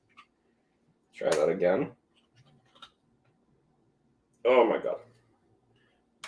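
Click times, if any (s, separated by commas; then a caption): 6.2 s. While building a brick model of a Batman skull, a plastic building brick is pressed again onto the model after a failed try. Someone talks, then the brick snaps home with a sharp click at 6.2 s and is seated.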